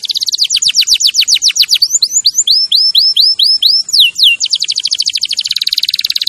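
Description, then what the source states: Canary producing rapid descending notes, then a run of looping rising whistles, finishing with a fast, rattling high trill. Champion canary song used as a master recording for training other birds.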